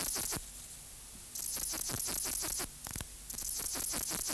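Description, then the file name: Bush-cricket song: high, hissing bursts of rapid pulses, broken by short pauses and repeated throughout. "Platycleis tenuis"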